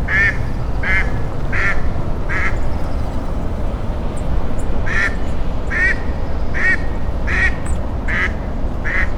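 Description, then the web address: Duck giving a series of nasal quacks at a steady pace, about ten in total with a short pause midway, against constant low-pitched background rumble. "coruscate ducks"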